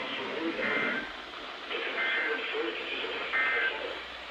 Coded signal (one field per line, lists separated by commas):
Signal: Emergency Alert System (SAME) tones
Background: speech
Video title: Sterling's Flood Party (8/5/22 - 8/6/22) (EAS #343-359)